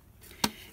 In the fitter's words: Then you put this down until you hear it click, and now you've got your new blade in there.